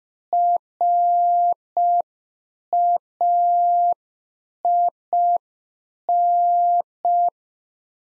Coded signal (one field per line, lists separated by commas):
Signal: Morse code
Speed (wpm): 5 wpm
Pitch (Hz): 700 Hz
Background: none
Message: RAIN